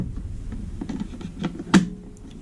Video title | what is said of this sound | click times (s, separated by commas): Testing and Modifying an External HDD Enclosure | it snaps closed | 1.5 s